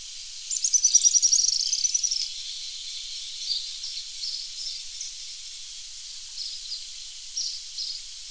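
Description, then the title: Araucaria tit-spinetail giving a fast, high, dry trill lasting under two seconds, then scattered short high chips. "LuckyPassaro Completos2Sama. Araucaria Tit-Spinetail (Leptasthenura setaria)"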